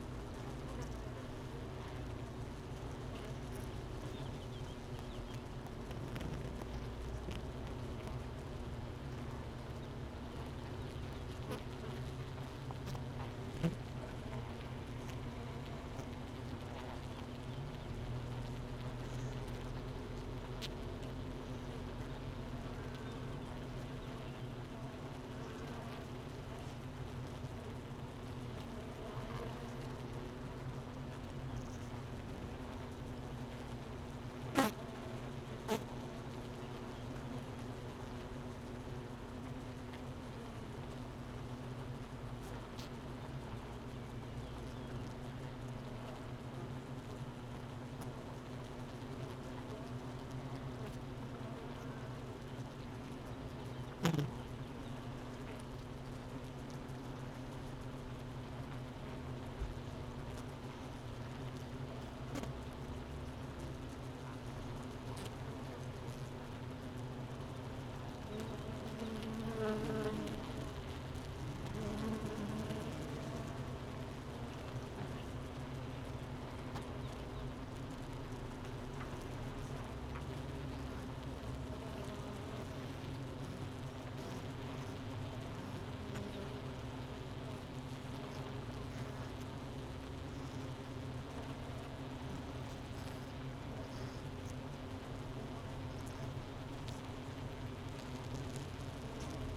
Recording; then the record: honeybee colony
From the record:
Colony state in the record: missing queen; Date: 31 May 2018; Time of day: 9:52